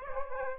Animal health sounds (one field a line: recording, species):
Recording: mosquito wingbeat signal from an infrared sensor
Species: Aedes aegypti